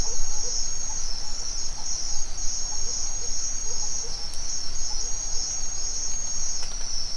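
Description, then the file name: Cricket: steady shrill trill of crickets runs without pause, over scattered soft low blips and a couple of faint clicks. Forest at dawn in Mexico. "nature ambience forest dawn owl birds crickets insects mexico"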